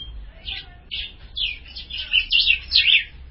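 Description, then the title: Ultramarine grosbeak song made of short whistled notes that speed up into a loud, jumbled warble with sharp upward and downward slurs. "Azulao"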